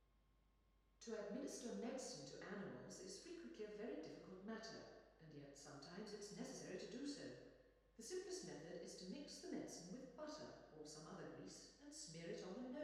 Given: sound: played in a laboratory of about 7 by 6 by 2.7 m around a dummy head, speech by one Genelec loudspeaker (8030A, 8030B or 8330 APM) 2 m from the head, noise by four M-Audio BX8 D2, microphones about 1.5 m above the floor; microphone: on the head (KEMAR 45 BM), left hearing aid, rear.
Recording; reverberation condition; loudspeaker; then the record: female speech in English; high; in front (0 degrees)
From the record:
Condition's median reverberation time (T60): about 1300 ms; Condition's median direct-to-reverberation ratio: about -4.0 dB